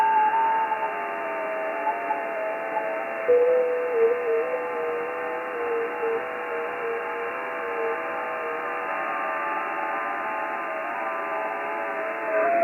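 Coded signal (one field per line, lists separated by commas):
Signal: FT8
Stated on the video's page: FT8 audio sent live from a TS590S radio to the PC.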